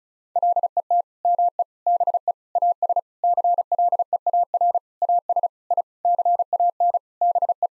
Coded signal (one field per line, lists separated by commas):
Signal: Morse code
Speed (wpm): 36 wpm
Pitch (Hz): 700 Hz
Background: none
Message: LET ME BE AS CLEAR AS I CAN BE